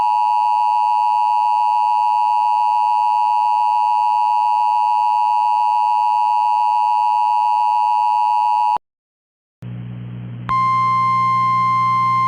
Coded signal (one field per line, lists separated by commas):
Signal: Emergency Alert System (SAME) tones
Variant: 853 and 960 Hz attention tone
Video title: EAS Mock: Wait, That's Rare?